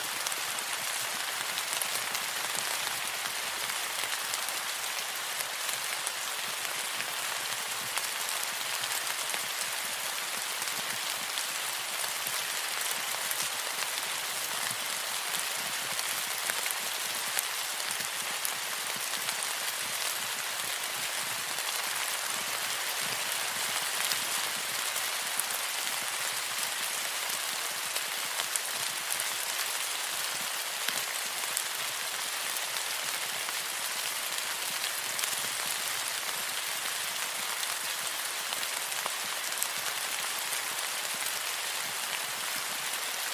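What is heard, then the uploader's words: Heavy tropical rain pours steadily and densely, a bright hissing patter on surfaces with no letup or distinct events across the whole stretch. Tropical Rainstorm Sounds.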